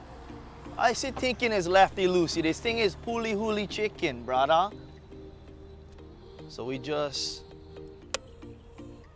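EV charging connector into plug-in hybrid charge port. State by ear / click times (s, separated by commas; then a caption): seated / 8.1 s. Someone talks while pushing an EV charging connector into a plug-in hybrid's charge port. After a quieter stretch, the connector latches with a single sharp click at 8.1 seconds, and it is seated and good to go.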